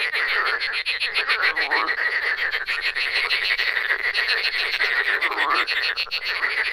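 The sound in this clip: Frogs croaking in a dense, overlapping chorus of rapid rattling pulses, unbroken throughout, with a few rising notes standing out.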